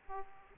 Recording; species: mosquito wingbeat signal from an infrared sensor; Aedes aegypti